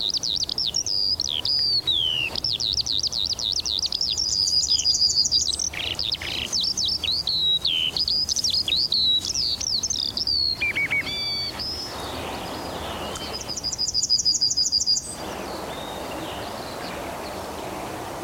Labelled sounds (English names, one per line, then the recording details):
Yellowhammer
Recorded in the wild
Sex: male
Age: adult
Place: Zepernick, OT Hobrechtsfelde, Brandenburg, DE
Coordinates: 52.666, 13.495
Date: 1993-04-20 13:50
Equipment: Sony WM-D6C, Sennheiser ME 80, K 30 AV, Kopie Tascam 22-2
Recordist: Quaisser, Christiane